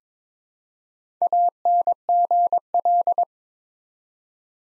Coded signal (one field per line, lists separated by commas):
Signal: Morse code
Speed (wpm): 22 wpm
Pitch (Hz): 700 Hz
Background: none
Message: ANGL